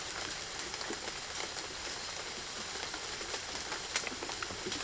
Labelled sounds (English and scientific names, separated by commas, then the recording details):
none
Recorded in secondary vegetation near Puerto Asís, Putumayo, Colombia, on 12 March 2025 at 08:30
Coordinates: 0.488, -76.319
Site G095